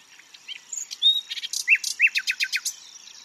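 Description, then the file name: Common nightingale song: a few thin whistles, then a rapid series of loud descending chirps and sharp clicking notes. "Luscinia megarhynchos"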